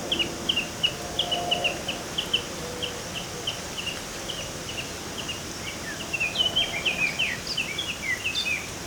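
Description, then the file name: Eurasian blackcap singing: a run of short, evenly spaced chipping notes, then a quicker, louder warbled flourish of twisting high notes, over steady background hiss. "Sylvia atricapilla"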